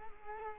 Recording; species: mosquito wingbeat signal from an infrared sensor; Culex quinquefasciatus